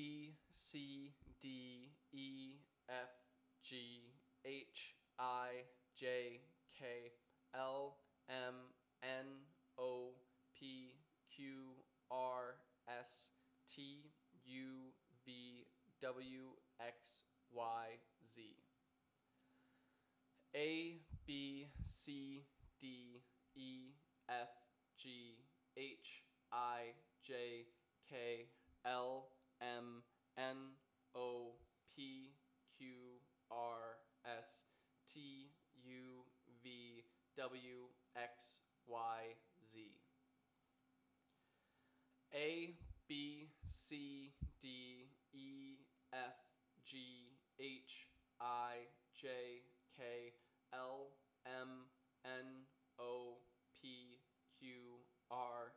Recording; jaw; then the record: letters of the alphabet, spoken; free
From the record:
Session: first day, before the bite bar